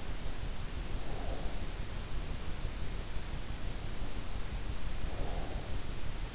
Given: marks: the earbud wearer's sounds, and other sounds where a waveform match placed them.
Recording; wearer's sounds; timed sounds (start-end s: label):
sounds in sleep by an in-ear microphone; breath
0.85-1.70 s: breath
5.00-5.98 s: breath